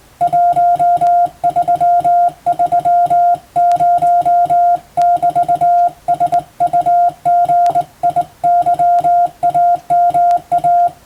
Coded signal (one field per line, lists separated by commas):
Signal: Morse code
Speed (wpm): 20 wpm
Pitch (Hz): 700 Hz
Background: music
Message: 1330<BT>SUGIYAMA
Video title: 【Radio operator morse practice】This is a Morse code practice video. There is a morse exam in japan.